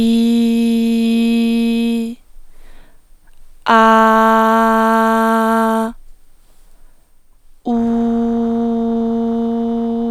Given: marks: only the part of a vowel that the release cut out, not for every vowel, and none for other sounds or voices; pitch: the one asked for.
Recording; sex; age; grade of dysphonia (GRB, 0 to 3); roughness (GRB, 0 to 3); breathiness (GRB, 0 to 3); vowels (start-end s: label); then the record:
sustained vowels; female; 20 to 29 years; 1; 1; 0
0.00-1.90 s: vowel /i/, normal pitch
3.78-5.74 s: vowel /a/, normal pitch
7.91-9.89 s: vowel /u/, normal pitch
From the record:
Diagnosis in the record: hyperfunctional dysphonia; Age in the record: 26 years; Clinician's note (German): Deutlich verkürztes Schwingungsbild, verkürzte Randkantenverschiebung